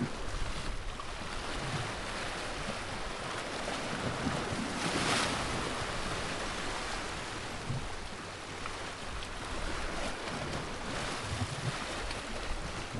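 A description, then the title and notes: Water crashes against the piers at Fort Mason in San Francisco, a dense, steady wash of churning surf with a low rumble underneath. A brighter splash surges around the five-second mark, and smaller slaps recur through the rest. Fort Mason Waves. The mesmerizing sounds of the water crashing against the piers at Fort Mason in San Francisco, California.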